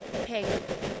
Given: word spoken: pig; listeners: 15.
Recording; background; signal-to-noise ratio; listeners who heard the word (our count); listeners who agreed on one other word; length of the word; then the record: one English word in noise, from a listening test; noise modulated by three-talker babble; -4.4 dB; 3 of 15; 8 of 15; 0.60 s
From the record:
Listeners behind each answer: 8, 3, 1, 1, 1, 1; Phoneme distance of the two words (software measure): 17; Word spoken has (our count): 1 syllable, 3 phonemes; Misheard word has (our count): 1 syllable, 4 phonemes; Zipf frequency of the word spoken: 4.51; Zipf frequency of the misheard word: 4.80